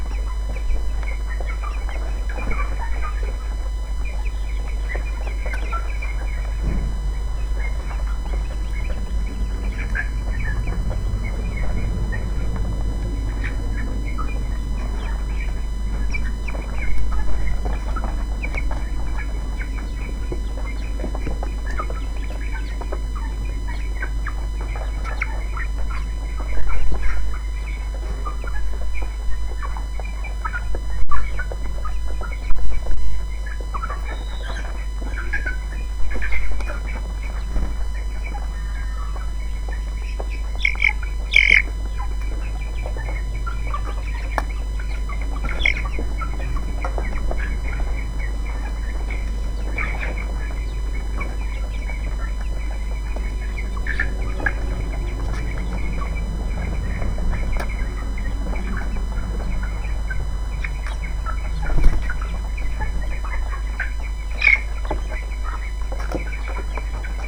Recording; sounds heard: poultry house recording; background noise or bird activity such as feeding and pecking